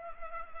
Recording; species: mosquito wingbeat signal from an infrared sensor; Culex pipiens